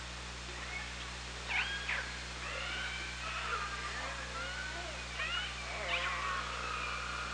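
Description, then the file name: Orca calls, harmonic sweeps rising and falling, over a low steady hum. Hydrophone, 24 August 2017 at about 18:34. "Orca Lab"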